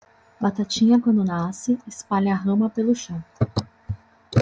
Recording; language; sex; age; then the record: short text; Brazilian Portuguese; female; 30 to 39 years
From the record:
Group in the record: control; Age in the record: 33 years